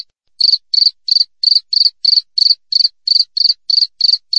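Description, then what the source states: Cricket chirping in a steady series of short, bright high-pitched bursts, roughly three each second, with nothing else audible. Clean natural cricket recording with tightly spaced chirps, used as a master track for training songbirds and for repelling rats.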